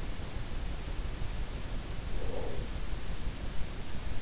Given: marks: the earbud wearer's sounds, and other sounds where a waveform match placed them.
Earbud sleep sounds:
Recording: sounds in sleep by an in-ear microphone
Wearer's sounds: breath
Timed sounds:
1.98-3.12 s: breath

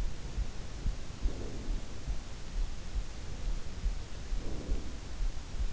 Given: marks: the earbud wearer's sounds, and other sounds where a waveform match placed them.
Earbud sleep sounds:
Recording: sounds in sleep by an in-ear microphone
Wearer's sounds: breath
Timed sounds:
0.84-2.10 s: breath
3.48-5.32 s: breath

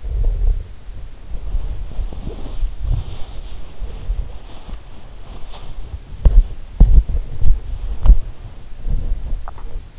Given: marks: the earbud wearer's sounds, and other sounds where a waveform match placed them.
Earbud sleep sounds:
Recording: sounds in sleep by an in-ear microphone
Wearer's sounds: snoring breath, body movement, swallowing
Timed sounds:
0.00-0.75 s: snoring breath
1.14-8.95 s: body movement
9.42-9.82 s: swallowing

